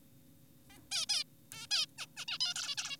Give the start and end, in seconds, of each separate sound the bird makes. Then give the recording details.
0.70-0.78, 0.92-1.06, 1.09-1.24, 1.52-1.67, 1.71-1.86, 1.98-2.06, 2.17-2.25, 2.28-2.38, 2.41-2.54, 2.56-2.75, 2.78-2.97. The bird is an adult. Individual g4p5U